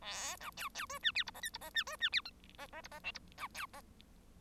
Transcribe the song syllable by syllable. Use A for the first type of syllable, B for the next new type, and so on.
A B C C D E F G H I G H E D E F J H H G H K G B C H